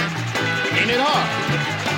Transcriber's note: soundbite of applause